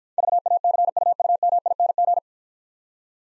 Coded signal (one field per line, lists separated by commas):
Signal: Morse code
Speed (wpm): 49 wpm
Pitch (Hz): 700 Hz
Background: none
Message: VACUUMING